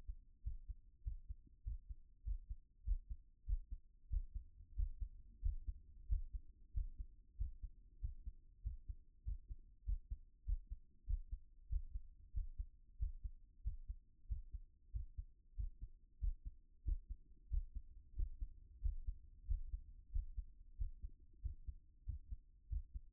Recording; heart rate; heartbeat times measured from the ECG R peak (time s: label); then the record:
heart sounds by stethoscope; 94 bpm
0.42 s: heartbeat
1.02 s: heartbeat
1.62 s: heartbeat
2.23 s: heartbeat
2.83 s: heartbeat
3.44 s: heartbeat
4.08 s: heartbeat
4.74 s: heartbeat
5.40 s: heartbeat
6.07 s: heartbeat
6.72 s: heartbeat
7.36 s: heartbeat
7.99 s: heartbeat
8.61 s: heartbeat
9.23 s: heartbeat
9.84 s: heartbeat
10.44 s: heartbeat
11.05 s: heartbeat
11.67 s: heartbeat
12.32 s: heartbeat
12.97 s: heartbeat
13.62 s: heartbeat
14.27 s: heartbeat
14.91 s: heartbeat
15.55 s: heartbeat
16.19 s: heartbeat
16.83 s: heartbeat
17.48 s: heartbeat
18.14 s: heartbeat
18.80 s: heartbeat
19.45 s: heartbeat
20.10 s: heartbeat
20.76 s: heartbeat
21.40 s: heartbeat
22.04 s: heartbeat
22.67 s: heartbeat
From the record:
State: at rest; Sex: male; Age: 37 years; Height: 180 cm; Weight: 87 kg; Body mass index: 26.85